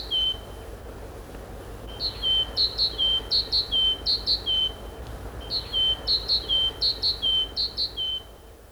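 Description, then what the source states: Great tit singing bright, ringing two-syllable phrases, high then lower, repeated rhythmically in runs separated by brief pauses. Song heard in February–March as days lengthen and winter draws to an end.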